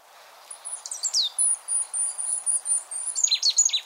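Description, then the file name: Marsh tit calls, a run of high thin whistled notes and short descending chips, repeated rapidly, over quiet background hiss. "Poecile palustris"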